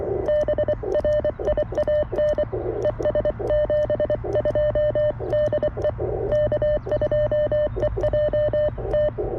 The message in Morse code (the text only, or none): BRIAN ES 72 DE K2EJT